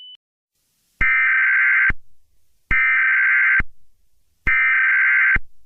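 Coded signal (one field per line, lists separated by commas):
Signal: Emergency Alert System (SAME) tones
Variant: header bursts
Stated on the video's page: Fictional Valentine's zombie EAS scenario, a simulated alert that uses valid EAS tones.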